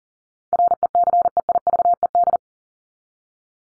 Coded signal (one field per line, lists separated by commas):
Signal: Morse code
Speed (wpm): 40 wpm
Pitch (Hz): 700 Hz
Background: none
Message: RECEIVED